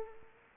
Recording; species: mosquito wingbeat signal from an infrared sensor; Anopheles arabiensis